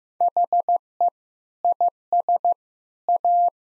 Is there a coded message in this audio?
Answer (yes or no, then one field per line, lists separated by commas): yes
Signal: Morse code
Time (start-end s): 0.2-3.5 s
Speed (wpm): 15 wpm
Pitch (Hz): 700 Hz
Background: none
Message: HE IS A